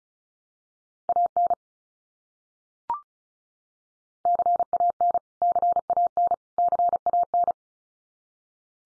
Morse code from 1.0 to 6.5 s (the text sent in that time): AN CAN CAN